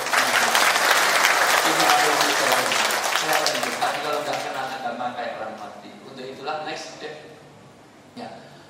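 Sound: audience applause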